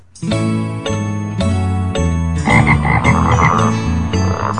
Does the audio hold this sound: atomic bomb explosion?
no